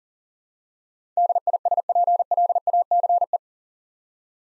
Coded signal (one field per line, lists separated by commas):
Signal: Morse code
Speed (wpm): 39 wpm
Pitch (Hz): 700 Hz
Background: none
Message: DISPLACE